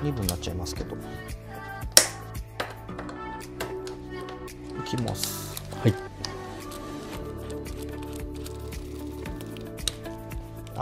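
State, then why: Torque reached. A drill-driven flaring tool works its cone into the end of a copper pipe while someone talks and music plays underneath. A sharp click at 9.9 s marks the finished flare, the same sound a normal flaring tool makes. After the click the mechanism idles, which is the signal to back the tool off.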